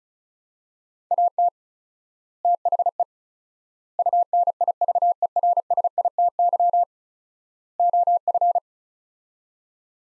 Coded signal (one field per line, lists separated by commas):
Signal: Morse code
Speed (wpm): 36 wpm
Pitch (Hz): 700 Hz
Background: none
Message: AT THE UNIVERSITY OF